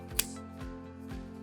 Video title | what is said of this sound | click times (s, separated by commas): Pathfinder™ 2-Seat and 4-Seat Stroller Wagon Assembly Video - Radio Flyer | Place this over the 2 exposed tubes on the bottom of the wagon and push in until you hear a click. | 0.2 s